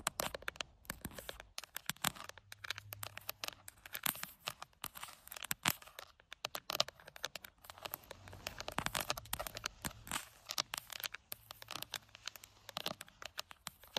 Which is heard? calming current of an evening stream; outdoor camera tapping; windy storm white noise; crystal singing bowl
outdoor camera tapping